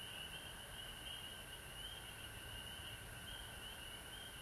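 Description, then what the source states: Many frogs calling together, a wavering high trill and a steady mid-pitched hum running without pause, with quiet background rumble. Frogs recorded at home in Georgia on March 19, 2020.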